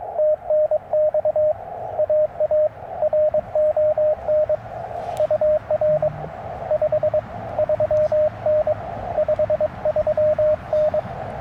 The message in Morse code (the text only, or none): TNX AARON UR 53N 53N